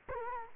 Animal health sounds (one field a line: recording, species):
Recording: mosquito wingbeat signal from an infrared sensor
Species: Culex quinquefasciatus